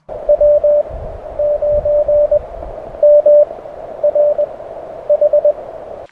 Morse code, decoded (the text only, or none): W9MRH